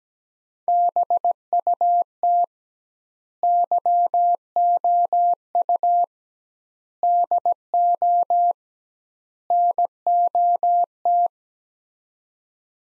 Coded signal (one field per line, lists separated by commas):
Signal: Morse code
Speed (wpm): 17 wpm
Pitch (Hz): 700 Hz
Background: none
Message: BUT YOU DO NOT